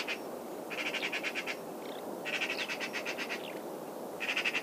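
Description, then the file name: Eurasian magpie giving a harsh chattering rattle, rapid dry pulses in a few bursts with short pauses. "Pica pica"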